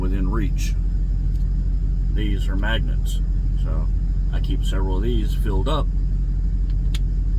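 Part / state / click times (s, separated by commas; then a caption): vape device into magnetic dash holder / seated / 7.0 s. A vape mod is set into a magnetic holder on a truck dash over a steady low engine rumble while someone talks. A sharp click at 6.9 s marks the device seating into the holder.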